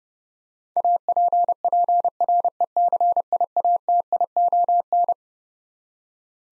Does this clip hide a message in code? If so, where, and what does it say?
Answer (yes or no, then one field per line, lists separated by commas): yes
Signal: Morse code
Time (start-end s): 0.8-5.1 s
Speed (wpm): 32 wpm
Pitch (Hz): 700 Hz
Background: none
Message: APPRECIATION